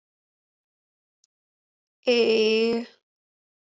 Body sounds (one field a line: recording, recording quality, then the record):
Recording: sustained vowel as in made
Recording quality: excellent, no background noise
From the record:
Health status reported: COVID-19 positive, mild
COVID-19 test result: positive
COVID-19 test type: rapid antigen test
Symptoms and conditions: cough, cold, breathing difficulty, sore throat, fever, fatigue, muscle pain, diarrhoea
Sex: female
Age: 21 years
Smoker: no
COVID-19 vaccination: both doses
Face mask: not worn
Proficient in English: yes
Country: India